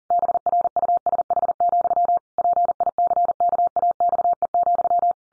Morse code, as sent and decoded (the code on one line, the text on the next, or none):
-... .-. ..- ... .... --..-- / .--. .. -.-. -.- .- -..- . --..--
BRUSH, PICKAXE,